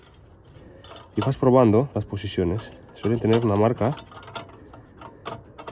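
An H7 halogen bulb is turned by hand through different rotational positions in a Mercedes headlight bulb holder, making small plastic taps and scrapes while someone talks. Its tab does not line up because it is in the wrong position, so the bulb has not seated or clicked yet.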